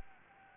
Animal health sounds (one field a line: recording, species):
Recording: mosquito wingbeat signal from an infrared sensor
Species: Anopheles gambiae